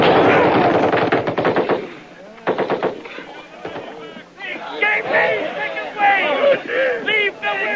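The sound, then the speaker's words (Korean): In a war film, loud, rapid bursts of enemy machine gun fire rattle out in two volleys as charging soldiers are cut down, followed by a chaotic mix of shouting voices and yells with scattered shots beneath them. “용기 있게 적을 향해 돌진하던 병사들이 몇 발자국 가지도 못해 적군의 총탄에 모두 전멸합니다.”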